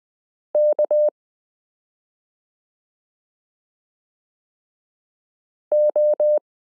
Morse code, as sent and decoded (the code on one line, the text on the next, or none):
-.- / ---
K O